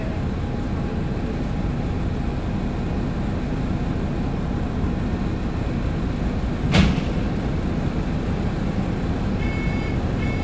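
A bus ride with a steady low engine rumble throughout, a brief sharp clatter near seven seconds, and faint high beeping toward the end.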